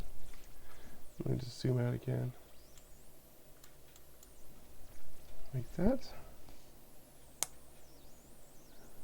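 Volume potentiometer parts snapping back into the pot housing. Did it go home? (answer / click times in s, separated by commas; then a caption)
yes / 7.4 s. Someone talks while pressing the small metal and plastic parts of a disassembled microphone volume potentiometer from a VocoPro DA-3700 Pro karaoke amplifier back into the pot housing. A sharp, bright click at 7.4 s marks the parts snapping home, with everything seated in place.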